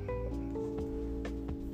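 Stomach growling (borborygmi) from an adult's abdomen, a low rumbling with sustained tonal gurgles, occurring because of hunger.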